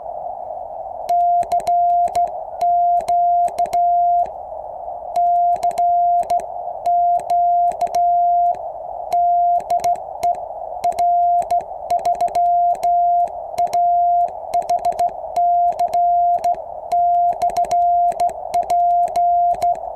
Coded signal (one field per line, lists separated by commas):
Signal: Morse code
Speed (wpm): 15 wpm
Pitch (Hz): 700 Hz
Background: none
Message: CQ CQ DE R3AHC/P